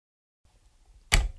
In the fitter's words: you push it in until you hear it click and